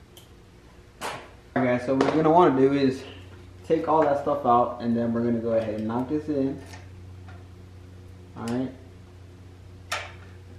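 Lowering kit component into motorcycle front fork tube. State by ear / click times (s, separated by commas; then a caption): seated / 9.9 s. A part of a fork lowering kit for a Honda Grom is knocked into the motorcycle's front fork tube while someone talks. A sharp click is heard at 9.9 seconds as the part seats in place.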